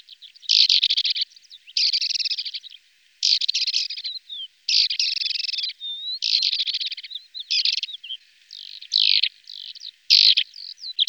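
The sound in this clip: Lesser short-toed lark delivering harsh buzzy bursts and chirps mixed with thin whistles, in repeated phrases about a second long.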